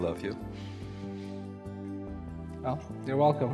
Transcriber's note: sniffles